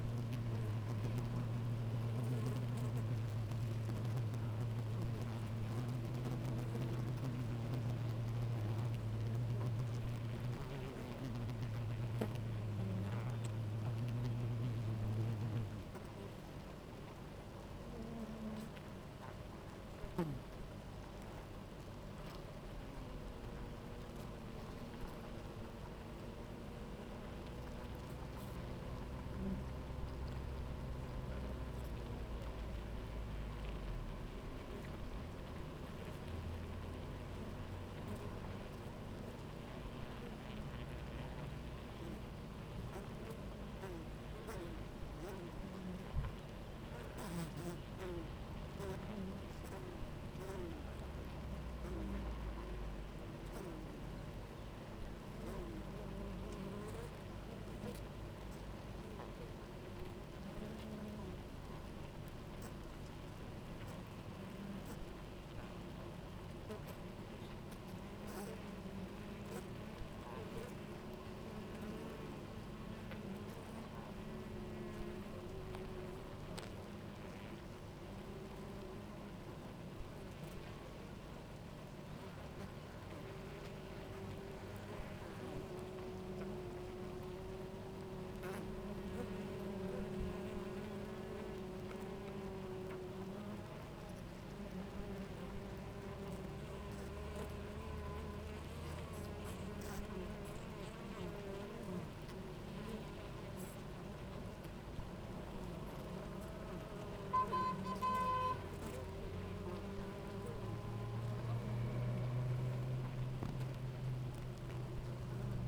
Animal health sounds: honeybee colony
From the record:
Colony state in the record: active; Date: 28 July 2017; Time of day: 10:56

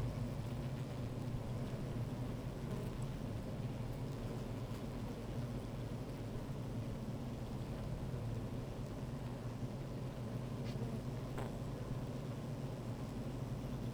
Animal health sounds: honeybee colony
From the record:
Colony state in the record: active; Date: 28 July 2017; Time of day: 13:47

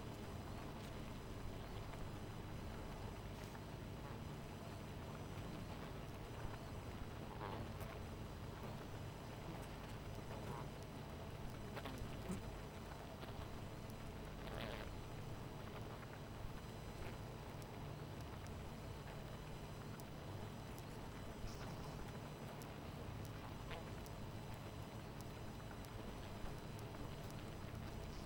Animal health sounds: honeybee colony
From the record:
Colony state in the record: missing queen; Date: 14 July 2017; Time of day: 18:43

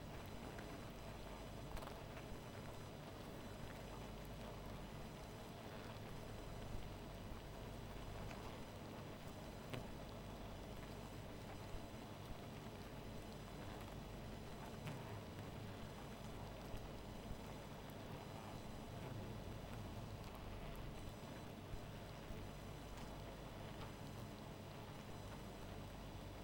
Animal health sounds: honeybee colony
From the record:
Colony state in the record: missing queen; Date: 14 July 2017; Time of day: 1:08

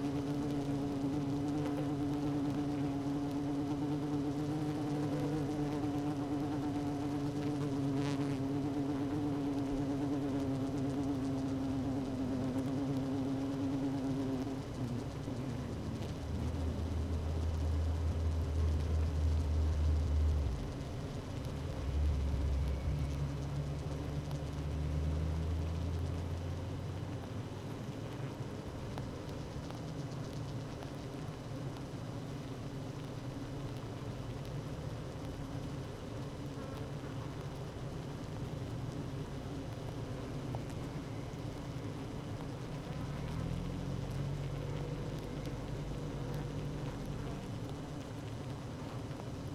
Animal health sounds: honeybee colony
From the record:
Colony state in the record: active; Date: 12 June 2018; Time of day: 16:34

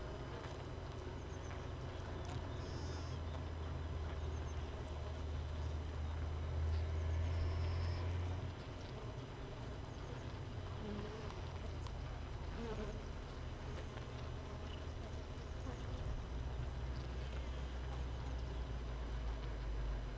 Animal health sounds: honeybee colony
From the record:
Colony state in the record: missing queen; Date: 31 May 2018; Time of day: 5:30

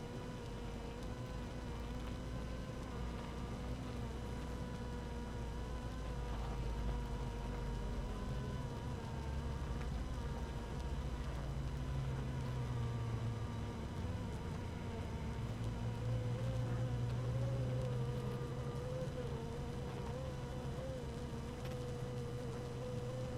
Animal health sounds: honeybee colony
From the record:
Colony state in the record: active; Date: 12 June 2018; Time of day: 5:55

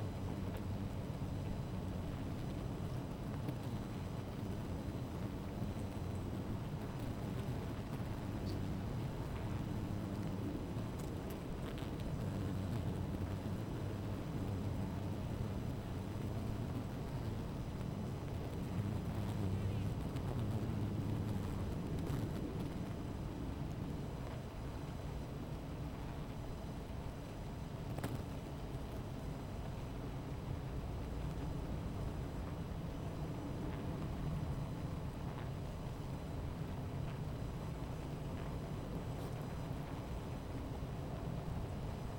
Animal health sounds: honeybee colony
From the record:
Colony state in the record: missing queen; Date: 14 July 2017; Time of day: 16:01

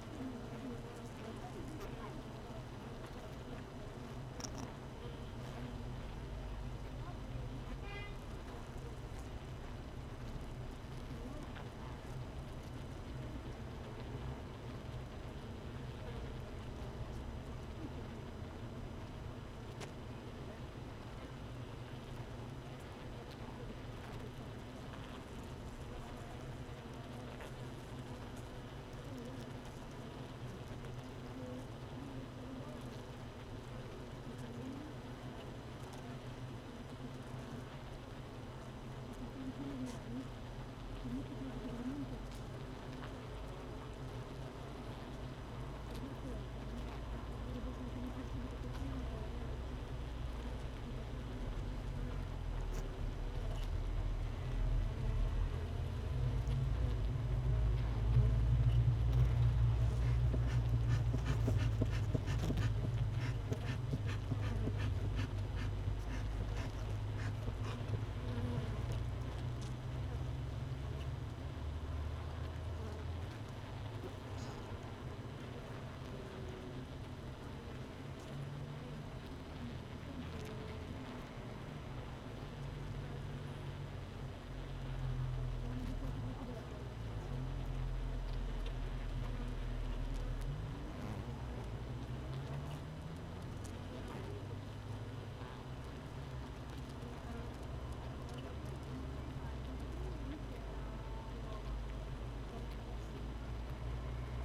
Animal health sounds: honeybee colony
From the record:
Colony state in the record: missing queen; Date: 31 May 2018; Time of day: 16:02

